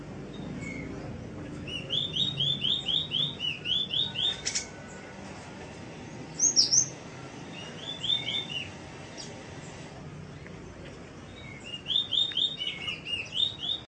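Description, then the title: Bird song: bursts of quick, slurred chirping notes repeated in rapid runs, with a sharp higher note in the middle and steady background hiss throughout. Labelled masteran. "LuckyBurung MasteranBest"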